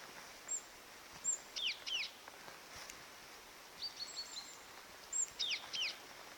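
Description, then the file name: Great tit giving thin high calls in brief clusters of two or three with gaps between, over a constant hissing background. "Parus major"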